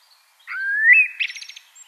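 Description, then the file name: Common blackbird, a single smooth rising whistle that breaks into a quick buzzy twitter at the end. "Turdus merula"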